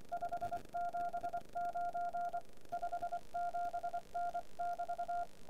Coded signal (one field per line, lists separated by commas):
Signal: Morse code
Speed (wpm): 24 wpm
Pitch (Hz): 700 Hz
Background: radio noise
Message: 579 57N<BT>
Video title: G0PNM's Keys #21 The Begali Signature